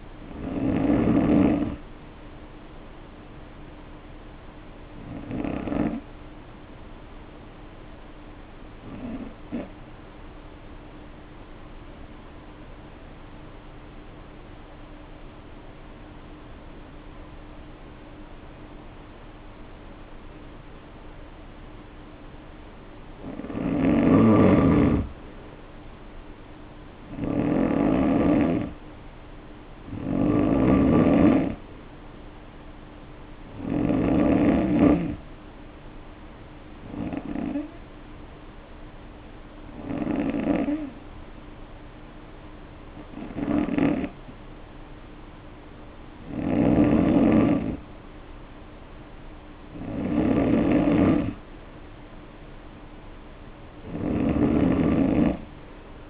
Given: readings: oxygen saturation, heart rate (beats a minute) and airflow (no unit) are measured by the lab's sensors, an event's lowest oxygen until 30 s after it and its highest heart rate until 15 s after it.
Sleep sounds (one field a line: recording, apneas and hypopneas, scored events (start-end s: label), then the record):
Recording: breathing in sleep by a voice recorder at the bedside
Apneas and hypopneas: 1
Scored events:
7.00-26.80 s: obstructive apnea (N2, oxygen 95% highest, then 86% lowest, heart rate 49 at the start, 63 highest)
From the record:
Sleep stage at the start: N2 (light sleep)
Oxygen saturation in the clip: 84 to 95%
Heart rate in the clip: 49 to 63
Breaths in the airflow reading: 11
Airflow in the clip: -3.1 to 3.6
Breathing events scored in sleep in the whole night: 520 in 7.2 hours asleep